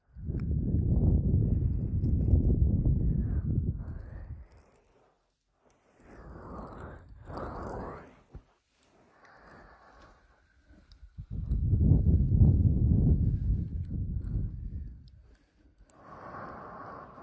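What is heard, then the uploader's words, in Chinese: Ear-cleaning massage: long, dense bouts of deep, muffled rubbing fill the first four seconds and again from about 11 to 15 seconds. Between them come brighter, scratchy strokes around 6 to 8 seconds, faint light scraping, and brief quiet gaps. 采耳按摩。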